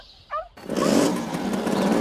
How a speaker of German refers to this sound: Er auf seinen Mofa und ich hinterher.